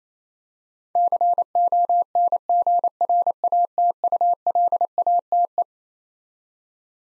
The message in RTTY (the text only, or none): none